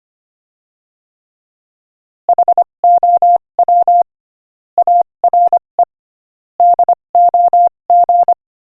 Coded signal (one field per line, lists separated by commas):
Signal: Morse code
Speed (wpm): 26 wpm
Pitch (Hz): 700 Hz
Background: none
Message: HOW ARE DOG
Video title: Morse Code Practice: 25 wpm Joke #5